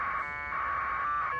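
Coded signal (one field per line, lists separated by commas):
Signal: packet radio (AX.25, as in APRS)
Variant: 1200 baud AFSK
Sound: harsh continuous warbling data burst, buzzy and raspy, about 1.4 seconds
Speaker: you can turn that down you don't have to listen to that but anyway so there's a successful message received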